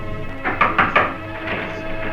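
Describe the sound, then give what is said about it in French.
Three firm knocks on a wooden bedroom door in quick, even succession, César knocking in vain at his son's door at 9 a.m. in the Bar de la Marine in Pagnol's film Marius (1960), followed by a couple of softer, scattered taps over a steady low background hum, with no one speaking. “César frappe en vain à la porte de la chambre de son fils.”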